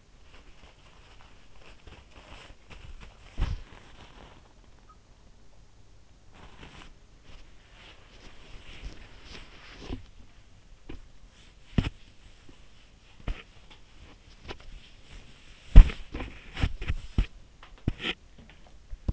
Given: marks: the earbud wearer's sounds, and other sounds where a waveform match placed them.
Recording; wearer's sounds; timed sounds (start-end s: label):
sounds in sleep by an in-ear microphone; body movement
0.00-19.13 s: body movement